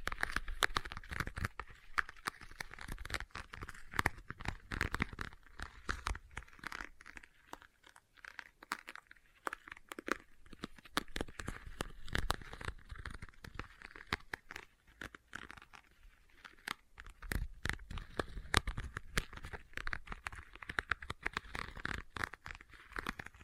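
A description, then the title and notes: Dry tapping and scratching on leather, with quick crinkly clicks and scraping strokes coming in dense bursts. The rhythm is irregular, thinning out briefly around the middle before picking up again. ASMR Leather Tapping & Scratching Sounds (No Talking).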